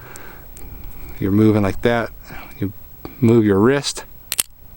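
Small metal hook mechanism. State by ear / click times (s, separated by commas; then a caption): released / 4.3 s, 4.4 s. A hinge (back tension) archery release aid is rotated by moving the wrist, without a bow, while someone talks. The hook trips open with sharp clicks at 4.3 and 4.4 seconds, leaving the release snapped open.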